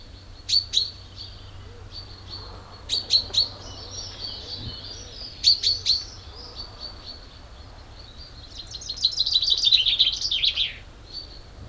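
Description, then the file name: Common chaffinch song: a few sharp separate chips, then a rattling trill falling to a flourish near the end, with light bird chatter behind. "Fringilla coelebs"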